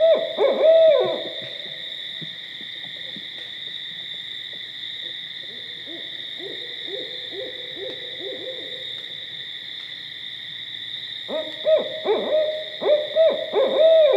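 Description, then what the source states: Barred owl giving bursts of rhythmic hoots at the start and again near the end, with softer hooting in between and a constant high hum throughout. Recorded on 13 October 2010.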